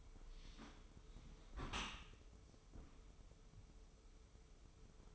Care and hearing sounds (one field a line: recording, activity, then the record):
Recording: daily activity, microphone in the room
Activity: close dishwasher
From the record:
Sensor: 1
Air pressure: 995.8 hPa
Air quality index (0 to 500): 58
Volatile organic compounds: 2 ppm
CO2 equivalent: 1124 ppm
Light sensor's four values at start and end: 32/110/42/44 and 32/110/42/44